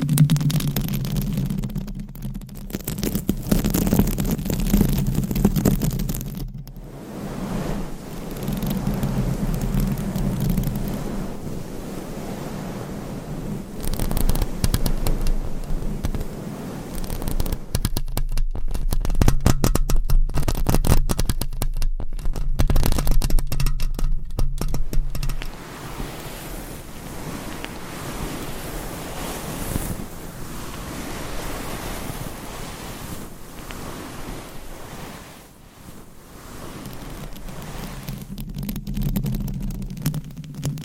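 Nails scratch across a microphone, a dense, rough rasping that runs almost without pause. A low rumbling hum swells under it in places, and the scratching comes in bursts of harder, crackling strokes around the middle and again near the end.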